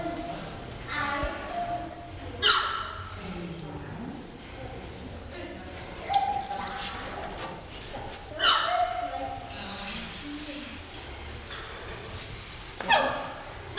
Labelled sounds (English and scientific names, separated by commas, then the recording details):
Red River Hog (Potamochoerus porcus)
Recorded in captivity
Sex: pair
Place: Zoo Berlin, Berlin, DE
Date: 1996-04-06 18:00
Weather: heiter, 14°C
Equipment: Sony MD-WM MZ-R3, Sennheiser MKH 416 T, Kopie Uher 4000 Report Monitor
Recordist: Tembrock, Günter